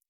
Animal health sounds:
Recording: hydrophone in a shrimp aquaculture tank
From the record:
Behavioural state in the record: normal

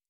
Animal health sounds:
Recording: hydrophone in a shrimp aquaculture tank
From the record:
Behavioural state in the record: normal

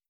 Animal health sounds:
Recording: hydrophone in a shrimp aquaculture tank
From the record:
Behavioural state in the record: starved

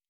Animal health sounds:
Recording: hydrophone in a shrimp aquaculture tank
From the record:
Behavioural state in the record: normal

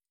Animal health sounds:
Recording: hydrophone in a shrimp aquaculture tank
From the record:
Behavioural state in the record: feeding

